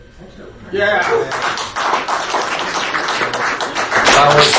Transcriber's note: applause